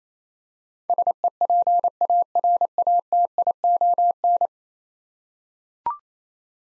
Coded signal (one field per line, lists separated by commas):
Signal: Morse code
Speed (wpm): 28 wpm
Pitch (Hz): 700 Hz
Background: none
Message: SEPARATION